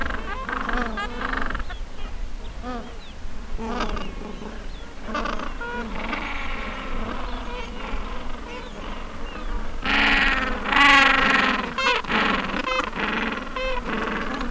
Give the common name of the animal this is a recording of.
Gentoo Penguin